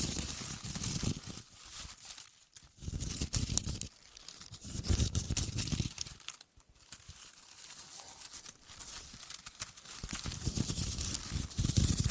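Deep, scratchy ear crinkles with a clicky edge, moving in uneven rubbing strokes. Soft low thumps swell under the crackle in waves, with brief near-silent pauses around two and a half and six and a half seconds before the scratching resumes.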